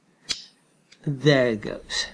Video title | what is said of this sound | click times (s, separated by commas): Link Solar Day4 Flexible Solar Panel & Solar Blanket - Part 1 | that lip goes over that metal piece and metal spring inside so you'll hear it click when it fits right there goes | 0.3 s